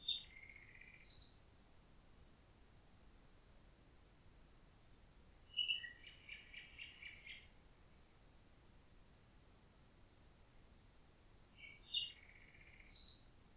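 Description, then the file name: Common nightingale song: separate short phrases of high whistles and chirps, one phrase a rapid pulsing series, with quiet gaps of several seconds between phrases. "Nachtigall"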